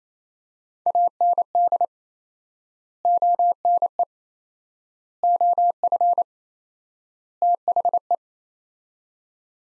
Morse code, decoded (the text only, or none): AND ONE OF THE